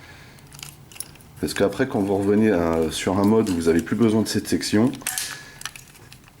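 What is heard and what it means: A plastic armor section of a transforming robot toy is pushed into the matching section so its interlocking tabs engage. Short snapping hits are heard at 0.6 s and 1.0 s as the pieces seat firmly, then someone talks, and a few more light clicks follow near the end.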